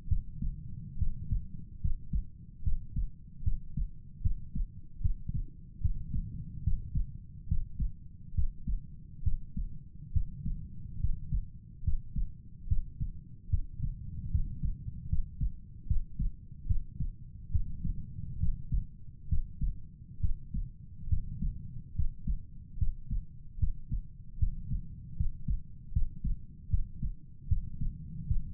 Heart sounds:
heart sounds by stethoscope; 72 bpm
0.08 s: heartbeat
0.98 s: heartbeat
1.81 s: heartbeat
2.63 s: heartbeat
3.43 s: heartbeat
4.22 s: heartbeat
5.01 s: heartbeat
5.81 s: heartbeat
6.63 s: heartbeat
7.48 s: heartbeat
8.34 s: heartbeat
9.23 s: heartbeat
10.12 s: heartbeat
11.00 s: heartbeat
11.84 s: heartbeat
12.67 s: heartbeat
13.49 s: heartbeat
14.30 s: heartbeat
15.09 s: heartbeat
15.87 s: heartbeat
16.66 s: heartbeat
17.51 s: heartbeat
18.39 s: heartbeat
19.28 s: heartbeat
20.20 s: heartbeat
21.09 s: heartbeat
21.95 s: heartbeat
22.78 s: heartbeat
23.59 s: heartbeat
24.38 s: heartbeat
25.16 s: heartbeat
25.92 s: heartbeat
26.69 s: heartbeat
27.48 s: heartbeat
28.27 s: heartbeat
From the record:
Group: healthy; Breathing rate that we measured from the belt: 17 breaths a minute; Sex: male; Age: 35 years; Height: 178 cm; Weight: 64 kg

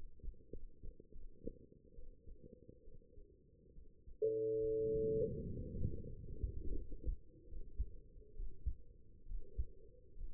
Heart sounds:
heart sounds by stethoscope; 75 bpm
0.50 s: heartbeat
1.11 s: heartbeat
1.94 s: heartbeat
2.83 s: heartbeat
3.73 s: heartbeat
4.60 s: heartbeat
5.41 s: heartbeat
6.09 s: heartbeat
6.75 s: heartbeat
7.47 s: heartbeat
8.34 s: heartbeat
9.26 s: heartbeat
10.15 s: heartbeat
From the record:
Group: healthy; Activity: rest 0-4 s, breath hold 4-10 s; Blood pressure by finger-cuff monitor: 111/82 mmHg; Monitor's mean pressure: 93 mmHg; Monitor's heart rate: 68 bpm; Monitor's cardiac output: 6.7 L/min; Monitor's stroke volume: 81 mL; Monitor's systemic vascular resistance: 1030 dyn s/cm5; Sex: female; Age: 23 years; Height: 160 cm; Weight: 50.4 kg

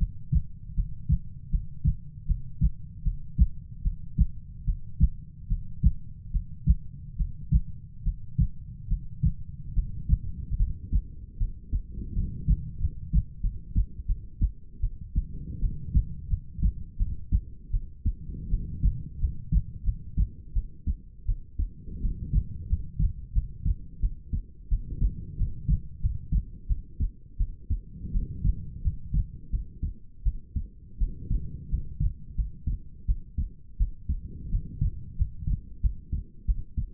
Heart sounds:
heart sounds by stethoscope; 82 bpm
0.75 s: heartbeat
1.50 s: heartbeat
2.26 s: heartbeat
3.03 s: heartbeat
3.82 s: heartbeat
4.65 s: heartbeat
5.48 s: heartbeat
6.31 s: heartbeat
7.16 s: heartbeat
8.03 s: heartbeat
8.88 s: heartbeat
9.74 s: heartbeat
10.57 s: heartbeat
11.38 s: heartbeat
12.14 s: heartbeat
12.79 s: heartbeat
13.41 s: heartbeat
14.06 s: heartbeat
14.80 s: heartbeat
15.60 s: heartbeat
16.28 s: heartbeat
16.97 s: heartbeat
17.71 s: heartbeat
18.49 s: heartbeat
19.19 s: heartbeat
19.84 s: heartbeat
20.53 s: heartbeat
21.26 s: heartbeat
22.00 s: heartbeat
22.68 s: heartbeat
23.33 s: heartbeat
24.00 s: heartbeat
24.69 s: heartbeat
25.37 s: heartbeat
26.00 s: heartbeat
26.67 s: heartbeat
27.37 s: heartbeat
28.12 s: heartbeat
28.82 s: heartbeat
29.50 s: heartbeat
30.23 s: heartbeat
30.98 s: heartbeat
31.69 s: heartbeat
32.35 s: heartbeat
33.06 s: heartbeat
33.77 s: heartbeat
34.50 s: heartbeat
35.16 s: heartbeat
35.81 s: heartbeat
36.45 s: heartbeat
From the record:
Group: healthy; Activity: breath hold 0-2 s, rest 2-37 s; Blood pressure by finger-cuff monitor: 106/70 mmHg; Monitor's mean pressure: 81 mmHg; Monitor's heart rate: 81 bpm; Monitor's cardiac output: 6.4 L/min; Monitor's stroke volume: 79 mL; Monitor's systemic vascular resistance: 940 dyn s/cm5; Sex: female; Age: 19 years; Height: 163 cm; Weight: 48.9 kg

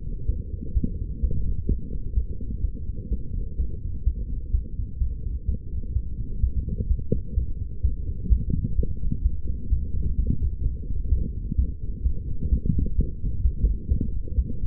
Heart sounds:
heart sounds by stethoscope; 128 bpm
0.27 s: heartbeat
0.74 s: heartbeat
1.21 s: heartbeat
1.68 s: heartbeat
2.15 s: heartbeat
2.62 s: heartbeat
3.10 s: heartbeat
3.57 s: heartbeat
4.05 s: heartbeat
4.52 s: heartbeat
4.99 s: heartbeat
5.46 s: heartbeat
5.94 s: heartbeat
6.41 s: heartbeat
6.88 s: heartbeat
7.35 s: heartbeat
7.82 s: heartbeat
8.29 s: heartbeat
8.76 s: heartbeat
9.23 s: heartbeat
9.70 s: heartbeat
10.16 s: heartbeat
10.63 s: heartbeat
11.10 s: heartbeat
11.56 s: heartbeat
12.03 s: heartbeat
12.50 s: heartbeat
12.96 s: heartbeat
13.43 s: heartbeat
13.89 s: heartbeat
14.36 s: heartbeat
From the record:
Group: healthy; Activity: light exercise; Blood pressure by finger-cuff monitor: 131/95 mmHg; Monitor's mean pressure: 106 mmHg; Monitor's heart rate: 128 bpm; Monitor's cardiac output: 8.7 L/min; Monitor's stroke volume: 68 mL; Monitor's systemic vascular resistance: 900 dyn s/cm5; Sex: female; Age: 22 years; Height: 161 cm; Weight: 65.5 kg

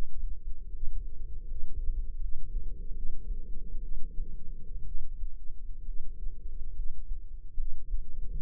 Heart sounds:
heart sounds by microphone in the left ear; 70 bpm
0.69 s: heartbeat
1.44 s: heartbeat
2.17 s: heartbeat
2.91 s: heartbeat
3.78 s: heartbeat
4.82 s: heartbeat
5.82 s: heartbeat
6.72 s: heartbeat
7.54 s: heartbeat
8.38 s: heartbeat
From the record:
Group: healthy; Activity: cold pressor test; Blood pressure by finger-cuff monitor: 149/91 mmHg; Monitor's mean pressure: 111 mmHg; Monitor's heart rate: 70 bpm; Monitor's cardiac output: 6.2 L/min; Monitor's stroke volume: 93 mL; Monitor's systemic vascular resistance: 1330 dyn s/cm5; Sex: female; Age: 22 years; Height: 171 cm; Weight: 65.6 kg

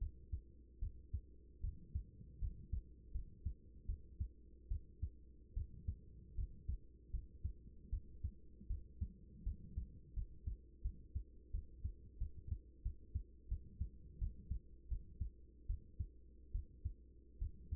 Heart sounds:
heart sounds by stethoscope; 80 bpm
0.79 s: heartbeat
1.60 s: heartbeat
2.39 s: heartbeat
3.11 s: heartbeat
3.86 s: heartbeat
4.68 s: heartbeat
5.53 s: heartbeat
6.35 s: heartbeat
7.10 s: heartbeat
7.89 s: heartbeat
8.67 s: heartbeat
9.43 s: heartbeat
10.13 s: heartbeat
10.82 s: heartbeat
11.51 s: heartbeat
12.18 s: heartbeat
12.82 s: heartbeat
13.48 s: heartbeat
14.18 s: heartbeat
14.88 s: heartbeat
15.66 s: heartbeat
16.51 s: heartbeat
17.38 s: heartbeat
From the record:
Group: healthy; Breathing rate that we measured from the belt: 15 breaths a minute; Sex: female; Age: 24 years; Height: 163 cm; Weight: 55.7 kg

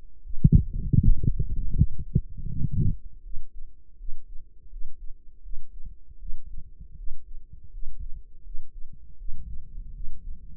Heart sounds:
heart sounds by microphone in the right ear; 80 bpm
0.21 s: heartbeat
0.99 s: heartbeat
1.73 s: heartbeat
2.46 s: heartbeat
3.21 s: heartbeat
3.96 s: heartbeat
4.68 s: heartbeat
5.41 s: heartbeat
6.17 s: heartbeat
6.95 s: heartbeat
7.70 s: heartbeat
8.42 s: heartbeat
9.16 s: heartbeat
9.91 s: heartbeat
From the record:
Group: healthy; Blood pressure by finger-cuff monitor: 99/61 mmHg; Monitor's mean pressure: 72 mmHg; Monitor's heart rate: 79 bpm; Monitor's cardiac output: 6.3 L/min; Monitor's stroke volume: 77 mL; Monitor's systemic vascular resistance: 830 dyn s/cm5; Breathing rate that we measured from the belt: 20 breaths a minute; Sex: female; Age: 19 years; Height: 163 cm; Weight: 51 kg

